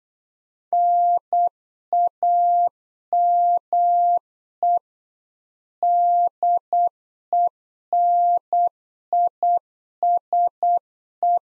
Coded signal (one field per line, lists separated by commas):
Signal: Morse code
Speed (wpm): 8 wpm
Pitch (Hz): 700 Hz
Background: none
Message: NAME DENISE